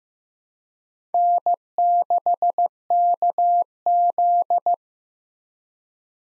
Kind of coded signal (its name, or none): Morse code